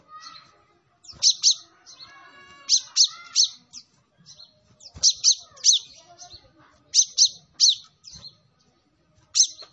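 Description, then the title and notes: Sunbird song of paired and tripled sharp high chirps in irregular clusters, with quieter twittering and a faint warble between. Kolibri Ninja singing actively (gacor), with full fill-in phrases and 'tembakan' bursts, used as a lure for training other birds. "MASTERAN KOLIBRI NINJA TERBAIK FULL ISIAN DAN TEMBAKAN MEWAH COCOK BUAT PANCINGAN. Suara Burung Kolibri Ninja Gacor"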